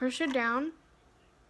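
A FreeStyle Libre 2 glucose sensor (CGM) applicator is lined up with its sensor pack and handled before being pushed down onto it. Someone talks for the first 0.7 seconds, then only a low, quiet background remains until 1.6 seconds. Nothing has clicked or seated yet.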